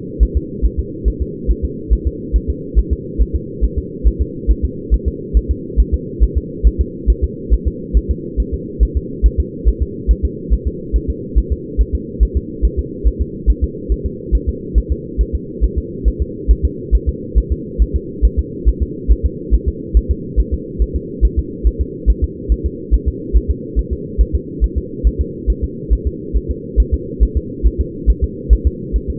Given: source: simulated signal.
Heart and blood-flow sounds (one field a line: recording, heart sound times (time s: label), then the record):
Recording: fetal heart sounds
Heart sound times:
0.23 s: S1
0.37 s: S2
0.65 s: S1
0.80 s: S2
1.08 s: S1
1.22 s: S2
1.51 s: S1
1.65 s: S2
1.93 s: S1
2.07 s: S2
2.36 s: S1
2.50 s: S2
2.79 s: S1
2.93 s: S2
3.22 s: S1
3.36 s: S2
3.64 s: S1
3.78 s: S2
4.08 s: S1
4.22 s: S2
4.51 s: S1
4.65 s: S2
4.94 s: S1
5.08 s: S2
5.37 s: S1
5.51 s: S2
5.80 s: S1
5.94 s: S2
6.24 s: S1
6.38 s: S2
6.67 s: S1
6.81 s: S2
7.10 s: S1
7.24 s: S2
7.53 s: S1
7.68 s: S2
7.97 s: S1
8.11 s: S2
8.40 s: S1
8.54 s: S2
8.83 s: S1
8.97 s: S2
9.26 s: S1
9.40 s: S2
9.68 s: S1
9.83 s: S2
10.11 s: S1
10.25 s: S2
10.53 s: S1
10.68 s: S2
10.96 s: S1
11.10 s: S2
11.38 s: S1
11.52 s: S2
11.81 s: S1
11.95 s: S2
12.23 s: S1
12.37 s: S2
12.65 s: S1
12.79 s: S2
13.08 s: S1
13.22 s: S2
13.50 s: S1
13.64 s: S2
13.92 s: S1
14.06 s: S2
14.35 s: S1
14.49 s: S2
14.78 s: S1
14.92 s: S2
15.21 s: S1
15.35 s: S2
15.64 s: S1
15.78 s: S2
16.08 s: S1
16.22 s: S2
16.51 s: S1
16.65 s: S2
16.95 s: S1
17.09 s: S2
17.38 s: S1
17.52 s: S2
17.82 s: S1
17.96 s: S2
18.25 s: S1
18.39 s: S2
18.69 s: S1
18.83 s: S2
19.12 s: S1
19.26 s: S2
19.54 s: S1
19.69 s: S2
19.97 s: S1
20.11 s: S2
20.40 s: S1
20.54 s: S2
20.82 s: S1
20.96 s: S2
21.25 s: S1
21.39 s: S2
21.67 s: S1
21.81 s: S2
22.10 s: S1
22.24 s: S2
22.52 s: S1
22.66 s: S2
22.94 s: S1
23.08 s: S2
23.37 s: S1
23.51 s: S2
23.79 s: S1
23.93 s: S2
24.21 s: S1
24.35 s: S2
24.64 s: S1
24.78 s: S2
25.07 s: S1
25.21 s: S2
25.50 s: S1
25.64 s: S2
25.93 s: S1
26.07 s: S2
26.37 s: S1
26.51 s: S2
26.80 s: S1
26.94 s: S2
27.23 s: S1
27.37 s: S2
27.67 s: S1
27.81 s: S2
28.10 s: S1
28.24 s: S2
28.53 s: S1
28.67 s: S2
28.96 s: S1
29.10 s: S2
From the record:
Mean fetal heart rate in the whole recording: 140 bpm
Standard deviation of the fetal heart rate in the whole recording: 2 bpm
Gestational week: 34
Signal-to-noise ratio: -4.1 dB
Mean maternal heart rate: no maternal heart sound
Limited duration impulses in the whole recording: absent